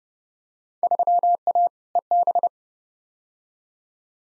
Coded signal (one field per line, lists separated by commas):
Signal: Morse code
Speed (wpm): 31 wpm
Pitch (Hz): 700 Hz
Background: none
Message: 3A EB